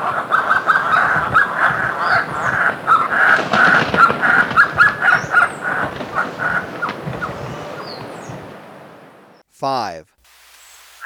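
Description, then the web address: Andean guan giving rapid repeated notes that rise and fall in strength for about nine seconds, followed by a brief harsh burst. Recorded in Ecuador. "Birds of Ecuador. Andean Guan"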